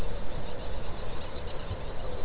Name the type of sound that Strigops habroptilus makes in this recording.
boom